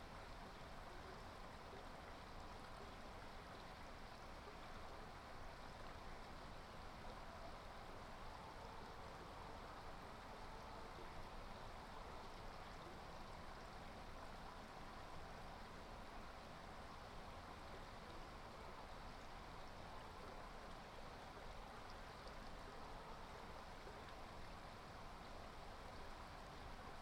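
A brook runs steadily for the whole clip, a dense, unbroken rush of water with no pauses or swells. The sound is full and hissing, bright in the middle and upper range with a soft low rumble beneath, and no distinct separate events stand out.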